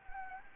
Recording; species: mosquito wingbeat signal from an infrared sensor; Anopheles gambiae